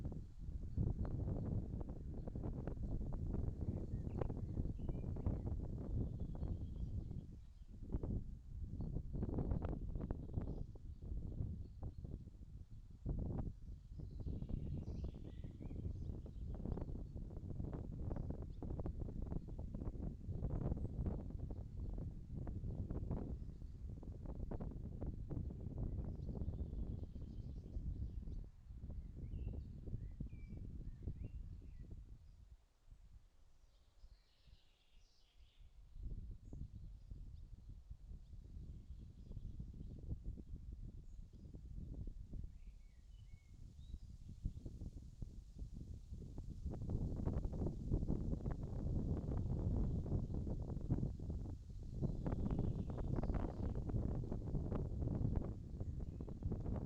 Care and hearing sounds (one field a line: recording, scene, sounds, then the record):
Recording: everyday scene through a hearing-aid microphone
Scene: wind on the microphone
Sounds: wind, birds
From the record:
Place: in front of a rural house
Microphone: in the ear canal, left